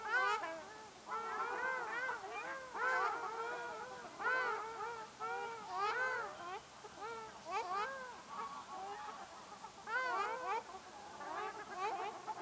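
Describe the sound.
Ruddy shelduck honking calls, nasal and harmonic, given by several birds in quick overlapping bursts throughout, with short pauses between flurries.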